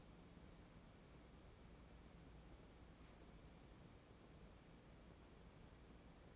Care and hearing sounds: daily activity, microphone in the room; wipe stove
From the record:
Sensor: 1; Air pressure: 1012.5 hPa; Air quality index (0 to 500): 144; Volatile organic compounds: 2 ppm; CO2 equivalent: 1185 ppm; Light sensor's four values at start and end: 4465/8692/4387/4544 and 4454/8671/4376/4532

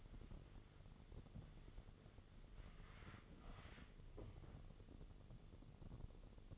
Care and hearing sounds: daily activity, microphone in the room; wipe stove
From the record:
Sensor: 4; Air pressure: 1015.9 hPa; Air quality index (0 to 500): 142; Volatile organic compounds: 4 ppm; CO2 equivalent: 1606 ppm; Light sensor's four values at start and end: 9/19/7/7 and 9/19/7/7

